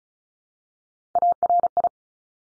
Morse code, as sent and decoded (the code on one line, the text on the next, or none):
.- .-. ..
ARI